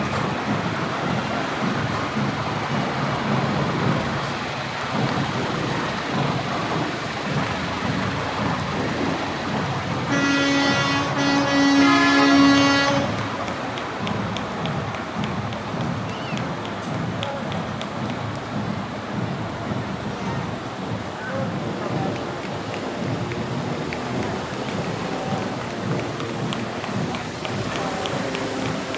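A steady crowd murmur and low traffic rumble fill Appleton's Memorial Day parade, with a bright sustained tone swelling around ten to thirteen seconds.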